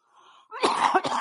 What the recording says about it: You can hear this cough that I still have. It's sounds a lot worse than it is. But it's just finally all this stuff that built up, all loosening up and coming out.